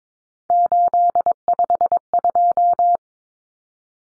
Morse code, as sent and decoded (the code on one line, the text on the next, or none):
---.. ..... ..---
852